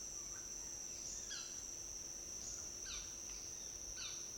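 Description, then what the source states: Hummingbird giving a few soft, short falling whistles under a continuous high insect drone. Soft little whistle in an urban area within the forest.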